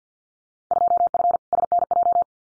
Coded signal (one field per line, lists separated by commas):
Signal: Morse code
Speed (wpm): 50 wpm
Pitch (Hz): 700 Hz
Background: none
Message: 2F SNJ